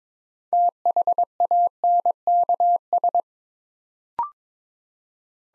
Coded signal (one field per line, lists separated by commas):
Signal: Morse code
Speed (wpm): 22 wpm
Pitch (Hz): 700 Hz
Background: none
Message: THANKS